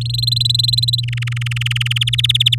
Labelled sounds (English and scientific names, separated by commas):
Domestic Canary (Serinus canaria) song